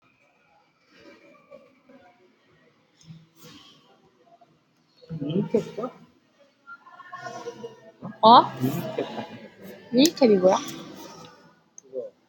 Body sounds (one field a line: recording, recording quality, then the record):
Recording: sustained vowel as in made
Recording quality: poor, much background noise or distortion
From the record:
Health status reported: healthy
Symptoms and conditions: none ticked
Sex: female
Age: 23 years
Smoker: not ticked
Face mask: worn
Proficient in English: yes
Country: India